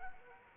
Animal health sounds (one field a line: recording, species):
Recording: mosquito wingbeat signal from an infrared sensor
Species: Anopheles arabiensis